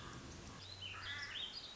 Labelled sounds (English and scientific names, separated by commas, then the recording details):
Warbling Vireo (Vireo gilvus)
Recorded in Sonoma County, California